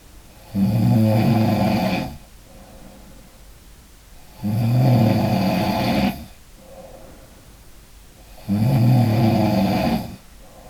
Snore.